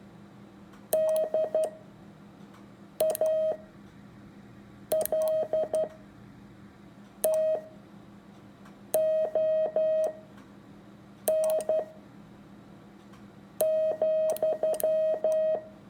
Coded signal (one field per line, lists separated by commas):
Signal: Morse code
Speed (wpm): 12 wpm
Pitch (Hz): 630 Hz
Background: none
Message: DALTON,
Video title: Morse code practice first simulated on the air transmission.